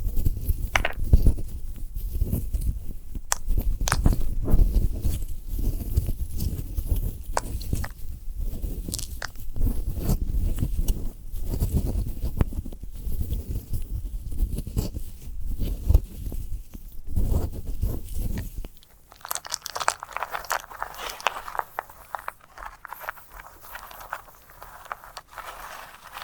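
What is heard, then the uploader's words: A sunflower head is handled, with dense, uneven rustling and crunching heavy in the low end and scattered sharp taps for about nineteen seconds. Then the sound abruptly turns quieter and brighter, a thin, steady scratching with light clicks until the end. ASMR of a Sunflower Head (No Talking).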